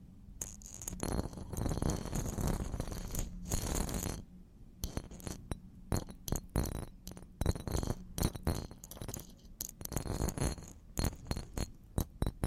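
Hard and soft stabs on the microphone, a dense burst of knocking and scraping for the first four seconds, then a brief pause before sharp, irregular hits resume. The strikes are bright and clattery, with a glassy clink, over a low hum underneath.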